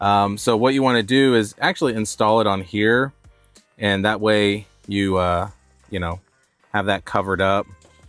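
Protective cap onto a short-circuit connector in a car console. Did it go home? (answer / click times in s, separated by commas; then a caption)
no / none. A plastic protective cap is being fitted onto the short-circuit connector behind the centre console of a Tesla Model 3 so the connector is not left exposed. Someone talks throughout while the cover is handled. Nothing has seated or clicked yet.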